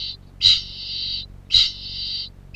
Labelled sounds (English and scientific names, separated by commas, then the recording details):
Kākāpō (Strigops habroptilus) ching call
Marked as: faintness 1/5
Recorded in New Zealand
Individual Piripi